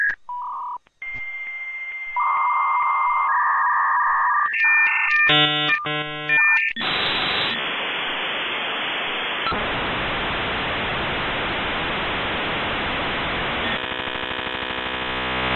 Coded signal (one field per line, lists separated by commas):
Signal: dial-up modem handshake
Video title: Asi nos conectabamos a la web por Dial Up Internet Retro